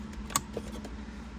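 A wiring connector is plugged into the passenger airbag indicator display behind the USB AUX trim bezel of a 2009-2013 Toyota Corolla. A sharp plastic click at 0.4 s marks the connector seating, with fainter ticks around 0.1, 0.6 and 0.9 s over a steady low hum. The connector is seated.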